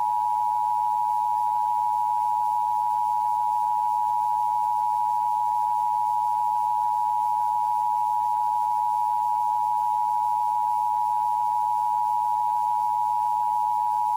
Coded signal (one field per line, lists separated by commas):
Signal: Emergency Alert System (SAME) tones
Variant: 853 and 960 Hz attention tone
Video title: Sketch Gang TV Interrupted by an EAS (FAKE)